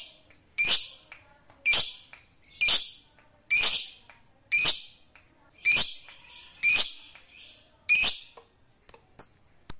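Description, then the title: Lovebird squawks, harsh high bursts repeated roughly once a second, finishing with a few short whistled chirps. Fighter lovebird. "Begitu Dengar Suara Lovebird FIGHTER NGEKEK PANJANG"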